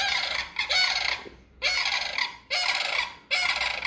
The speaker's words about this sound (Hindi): अचानक बेट्सी ने कुछ सुना। सैंडहिल क्रेन, बेट्सी ने कहा। जल्दी करो, चलो उनकी आवाज़ का पीछा करते हैं। वे दिन के अंत में नाले के पास उतरते हैं।